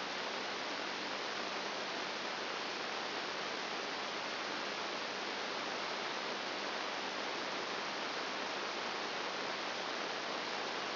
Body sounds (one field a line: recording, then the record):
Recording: brain microelectrode recording played as sound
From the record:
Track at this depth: outside the subthalamic nucleus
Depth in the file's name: 0.104 mm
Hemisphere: right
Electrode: 2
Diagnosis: Parkinson's disease